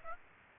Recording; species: mosquito wingbeat signal from an infrared sensor; Aedes aegypti